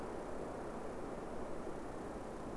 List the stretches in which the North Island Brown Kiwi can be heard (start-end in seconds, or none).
none